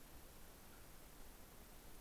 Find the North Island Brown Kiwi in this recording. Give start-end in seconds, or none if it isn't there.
none